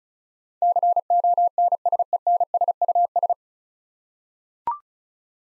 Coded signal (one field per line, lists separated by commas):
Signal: Morse code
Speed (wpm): 36 wpm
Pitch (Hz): 700 Hz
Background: none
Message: CONSENSUS